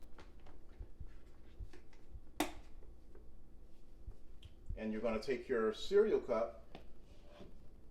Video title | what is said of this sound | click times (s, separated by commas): Instructional Video: The Cereal Sipper | take our lid pop it on the cereal cup until it snaps | 2.4 s